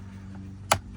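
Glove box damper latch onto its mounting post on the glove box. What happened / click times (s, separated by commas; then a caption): The small plastic latch snapped onto its post / 0.7 s. While the cabin air filter on a Kia Carnival is being changed, the small plastic damper latch (damper arm) is pushed back onto its mounting post on the glove box. Against a low, steady hum, a single sharp snap is heard at 0.7 s. The latch is seated on its post.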